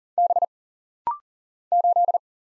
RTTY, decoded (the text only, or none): none